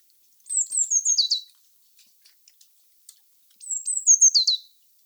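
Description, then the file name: Eurasian blue tit, two high stuttering calls that step downward in pitch, about three seconds apart, with a few faint ticks between them. "Cyanistes caeruleus"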